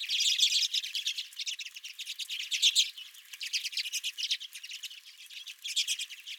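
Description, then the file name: Redpolls twittering rapidly, buzzy high notes pouring out in loose, overlapping bursts throughout. Several redpolls at a home feeder. "Redpolls at My Feeder"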